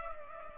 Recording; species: mosquito wingbeat signal from an infrared sensor; Culex pipiens